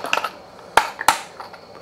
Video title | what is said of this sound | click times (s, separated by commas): AWESOME New Fish Finder Mount for Pelican Bass Raiders/Jon Boat/Pond Prowler/Kayaks/Inflatable Boats | Garmin slides on there like that just clicks in place | 0.8 s